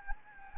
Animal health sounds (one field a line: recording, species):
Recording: mosquito wingbeat signal from an infrared sensor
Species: Anopheles gambiae